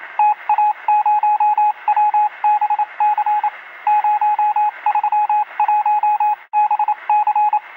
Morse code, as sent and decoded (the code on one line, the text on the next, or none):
- .- ----- .-- -... -.-. / ----- ...-- .---- -... -.-.
TA0WBC 031BC